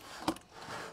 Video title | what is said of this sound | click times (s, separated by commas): Spark Plug and Ignition Coil Service for BMW E90 E92 E93 M3 S65 Engine | okay you hear a snap. | 0.3 s